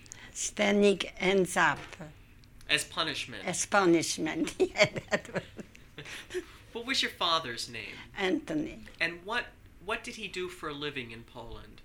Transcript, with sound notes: standing ends up.
As punishment.
As punishment. ( she laughs )
What was your father's name?
Anthony.
And what did he do for a living in Poland?